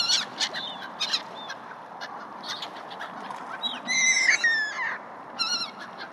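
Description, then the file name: Gull calls: several sharp squawks, then a longer, louder, strained cry that rises and falls, over continuous background rumble. Gulls in a harbour. "Harbor seagulls"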